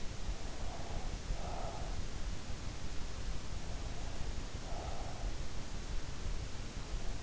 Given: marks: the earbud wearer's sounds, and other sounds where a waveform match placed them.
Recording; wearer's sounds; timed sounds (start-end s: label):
sounds in sleep by an in-ear microphone; breath
0.21-2.24 s: breath
3.54-5.74 s: breath